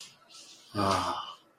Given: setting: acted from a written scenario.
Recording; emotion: vocal sound without words; serenity